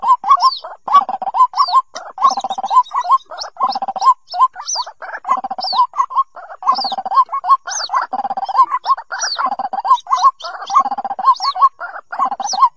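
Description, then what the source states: White-breasted waterhen calls: jumbled rising and wavering notes repeated in clusters, with high downslurred whistles and soft low pulsing sounds beneath. Young bird.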